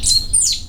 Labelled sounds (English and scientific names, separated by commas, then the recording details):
Stitchbird (Notiomystis cincta) song
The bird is a male
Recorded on Tiritiri Matangi Island, New Zealand, in 2005
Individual 21, of nest box 30